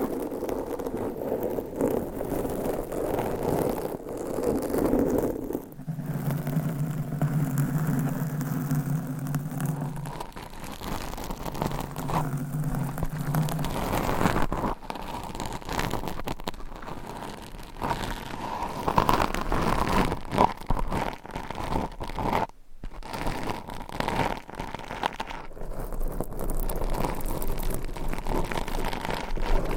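Mic scratching: steady, dense, rough rubbing and scraping, with a low droning hum in two early stretches and a brief dropout near 23 seconds.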